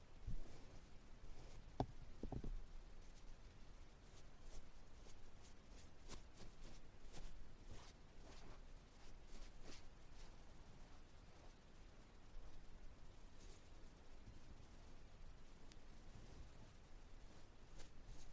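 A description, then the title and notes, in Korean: Ear touching and brushing, a steady run of soft scratchy rubs and light taps that keeps going without pause. Sharper clicks and crackles stand out near the two-second mark, and a low rumbling hum sits underneath throughout. No talking 말없이 귀에 먼지 털어내기 ear touching sound.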